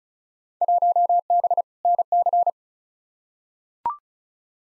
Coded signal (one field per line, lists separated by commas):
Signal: Morse code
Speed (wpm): 34 wpm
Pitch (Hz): 700 Hz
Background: none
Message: 1B NC